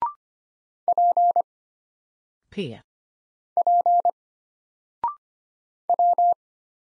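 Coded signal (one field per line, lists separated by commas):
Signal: Morse code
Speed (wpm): 25 wpm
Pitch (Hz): 700 Hz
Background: none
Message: P P W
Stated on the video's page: Morse drill of single letters at 25 wpm, each sent, then spoken after a 0.6-second pause, then sent again, for instant character recognition.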